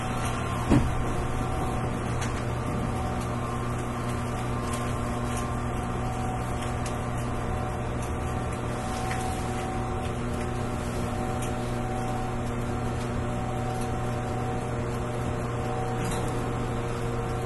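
A rapid train on the Kagoshima Line runs with a steady, even hum: low droning tones hold level throughout with a faint hiss above. A single brief knock lands near the start, and soft ticks and rattles recur lightly over the ride.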